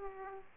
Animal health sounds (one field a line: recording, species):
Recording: mosquito wingbeat signal from an infrared sensor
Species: Aedes aegypti